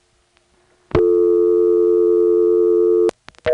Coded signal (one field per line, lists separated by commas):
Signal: telephone call progress tone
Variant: North America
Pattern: dial tone